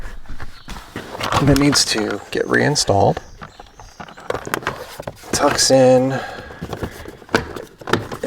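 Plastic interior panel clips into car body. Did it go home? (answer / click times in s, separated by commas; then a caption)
yes / 7.9 s. A removed plastic interior trim panel on a 2016 Mini Cooper JCW, taken off for a hardwired radar detector install, is reinstalled into the car body: it is tucked in and its clips are pressed home while someone talks, with several sharp taps and knocks, the loudest around 4.5 s. The panel snaps into place with a crisp click at 7.9 s and is seated.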